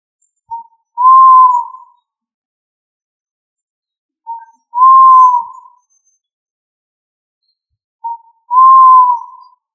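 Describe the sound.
Pigeon giving three paired coos, each a brief lead-in note then a sustained, gently falling whistle-like tone, spaced about four seconds apart in a quiet background.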